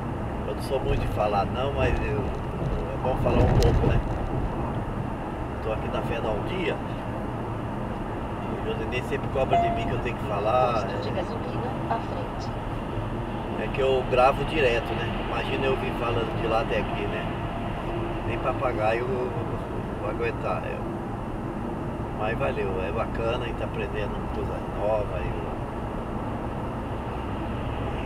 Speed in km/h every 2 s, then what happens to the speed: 104, 104, 103, 103, 102, 97, 95, 92, 89, 88, 90, 94, 96, 96.
0-8 steady at about 103. 8-17 slows to 88. 17-28 speeds up to 96.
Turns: none.